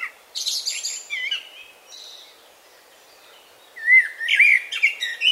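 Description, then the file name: Common blackbird song, a high scratchy twitter followed by a faint soft note, then a rich, fluty warbling phrase ending in thin squeaks, with a quiet background. "Turdus merula"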